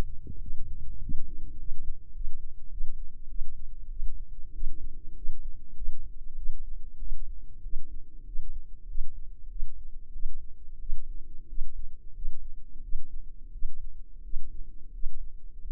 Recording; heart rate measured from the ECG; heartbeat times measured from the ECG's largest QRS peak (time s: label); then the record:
heart sounds by microphone in the left ear; 95 bpm
0.39 s: heartbeat
0.99 s: heartbeat
1.56 s: heartbeat
2.12 s: heartbeat
2.69 s: heartbeat
3.27 s: heartbeat
3.88 s: heartbeat
4.52 s: heartbeat
5.14 s: heartbeat
5.74 s: heartbeat
6.35 s: heartbeat
6.98 s: heartbeat
7.62 s: heartbeat
8.25 s: heartbeat
8.86 s: heartbeat
9.48 s: heartbeat
10.12 s: heartbeat
10.79 s: heartbeat
11.47 s: heartbeat
12.13 s: heartbeat
12.81 s: heartbeat
13.51 s: heartbeat
14.22 s: heartbeat
14.91 s: heartbeat
15.59 s: heartbeat
From the record:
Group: healthy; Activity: rest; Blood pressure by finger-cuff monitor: 132/80 mmHg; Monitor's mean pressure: 97 mmHg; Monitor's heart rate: 97 bpm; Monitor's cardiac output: 7.6 L/min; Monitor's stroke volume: 77 mL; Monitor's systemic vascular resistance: 940 dyn s/cm5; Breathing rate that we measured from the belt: 18 breaths a minute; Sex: female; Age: 24 years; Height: 163 cm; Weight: 55.7 kg